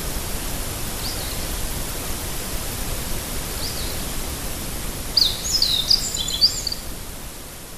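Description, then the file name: Meadow bunting giving one rapid phrase of high, squeaky warbled notes near the end, preceded by faint notes, over persistent background hiss. "hojiro"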